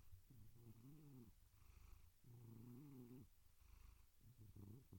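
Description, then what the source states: Domestic cat purring in low, humming bursts of about a second, three spells separated by short pauses, over a steady low rumble. Gentle cat meows and purrs.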